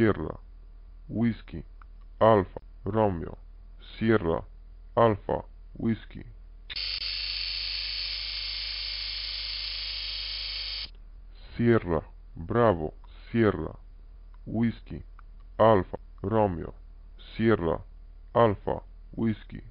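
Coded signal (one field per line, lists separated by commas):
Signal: numbers station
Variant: NATO phonetic alphabet, English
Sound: voice reads nine phonetic-alphabet words evenly, a hiss burst, then repeats them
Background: noise burst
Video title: Lincolnshire Poacher - Security BSides Warsaw 2019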